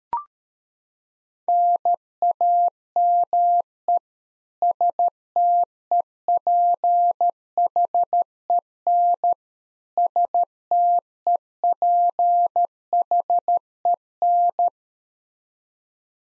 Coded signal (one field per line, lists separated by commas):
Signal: Morse code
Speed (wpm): 13 wpm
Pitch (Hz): 700 Hz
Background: none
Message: NAME STEPHEN STEPHEN